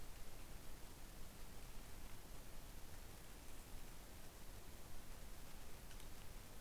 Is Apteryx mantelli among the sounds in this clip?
no